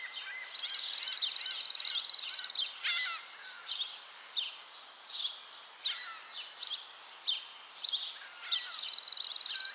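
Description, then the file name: Chipping Sparrow singing a fast, flat, mechanical trill lasting around two seconds, then starting a second trill at the end, while other birds add brief chirps and slurred notes in the gaps. "Spizella passerina - Chipping Sparrow"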